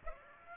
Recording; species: mosquito wingbeat signal from an infrared sensor; Aedes aegypti